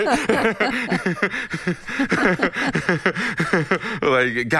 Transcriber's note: laughter